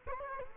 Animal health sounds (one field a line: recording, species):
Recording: mosquito wingbeat signal from an infrared sensor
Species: Culex quinquefasciatus